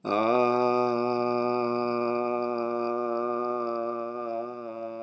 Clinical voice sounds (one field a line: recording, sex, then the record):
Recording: sustained vowel /a/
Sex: male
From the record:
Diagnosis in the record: healthy control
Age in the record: 60 years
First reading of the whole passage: 60 s, 8.3 characters per second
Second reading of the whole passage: 54 s, 9.4 characters per second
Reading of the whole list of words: 38 s, 7.2 characters per second